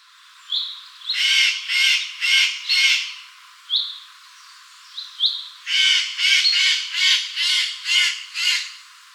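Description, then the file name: Eurasian jay uttering long runs of hoarse, rasping screeches, four in a row then a rapid series of about seven, with a few short rising notes between. "Garrulus glandarius"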